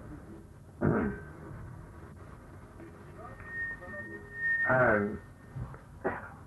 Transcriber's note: feedback